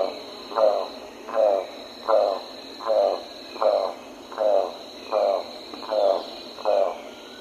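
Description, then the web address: Golden-collared Toucanet calling with a regular series of nine rough, frog-like croaks, one every three quarters of a second, against a steady high hum. Recorded in the eastern lowlands of South America. "Natures Songs S America Eastern Lowlands. Golden-collared Toucanet"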